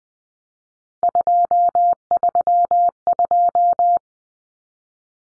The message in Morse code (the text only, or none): 232